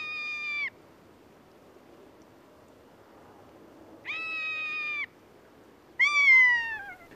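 Rough-legged Buzzard giving three drawn-out, plaintive mewing calls.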